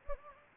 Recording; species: mosquito wingbeat signal from an infrared sensor; Anopheles gambiae